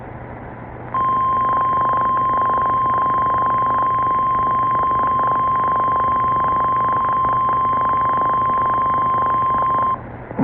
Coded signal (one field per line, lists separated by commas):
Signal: Emergency Alert System (SAME) tones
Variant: 1050 Hz attention tone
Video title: EAS Alerts From August 2025 eas 21-31